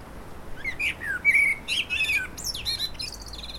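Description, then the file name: Common blackbird singing one phrase of rich fluty whistled notes that runs into a thin, scratchy high-pitched twittering flourish. "Turdus merula"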